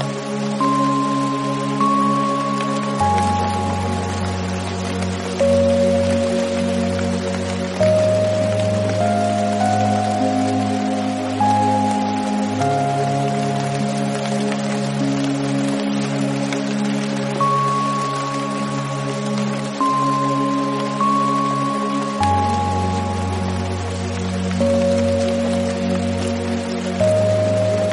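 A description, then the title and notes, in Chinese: Steady, dense rain hisses evenly throughout, unbroken. Over it, soft sustained tones like bells or a gentle pad change pitch every few seconds, forming a slow, calm melody with a low drone that shifts underneath. 自然音白噪音催眠-雨声催眠。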